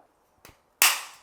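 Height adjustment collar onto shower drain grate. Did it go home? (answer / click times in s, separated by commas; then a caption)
yes / 0.8 s. A plastic height adjustment collar with molded tabs is pushed onto a shower drain grate. A faint knock sounds at 0.5 s, then a loud, sharp snap at 0.8 s as the tabs lock into the groove, with a bright ring that fades out. The collar is seated and won't come off without a putty knife.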